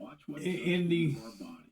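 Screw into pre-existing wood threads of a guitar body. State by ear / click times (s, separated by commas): not seated / none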